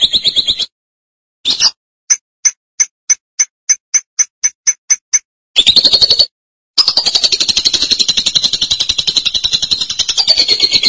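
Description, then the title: Lovebird chatter: a short high burst, then a row of evenly spaced sharp ticks, then a fast, dense, buzzy trill that carries on. "BM Suara Burung Lovebird"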